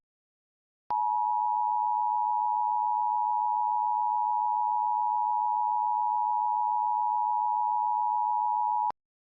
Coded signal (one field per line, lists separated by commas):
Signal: Emergency Alert System (SAME) tones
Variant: 853 and 960 Hz attention tone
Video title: EAS Scenario - The Carolina Ejection (REUPLOAD)